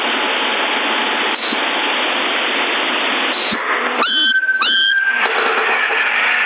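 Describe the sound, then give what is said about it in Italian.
A CB radio in Sassari is tuned through steady, loud static hiss, then a couple of warbling, sliding whistles cut in as the dial moves before the noise settles again. “Aspetta, mi accordo.”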